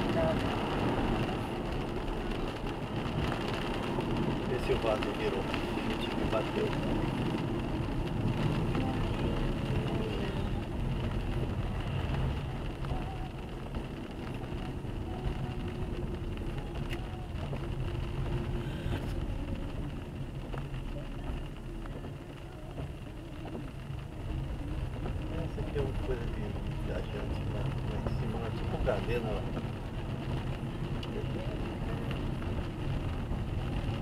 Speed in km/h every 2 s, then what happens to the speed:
62, 62, 53, 44, 35, 34, 35, 30, 30, 26, 18, 22, 30, 34, 36, 34, 28.
0-20 slows to 18. 20-27 speeds up to 36. 27-34 slows to 28.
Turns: none.